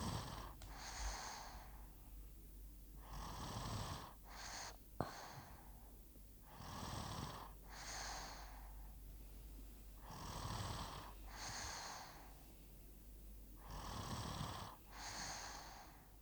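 Soft, rhythmic snoring breaths at about 17 per minute, each with a hissy rasp: a 5-year-old child snoring in sleep.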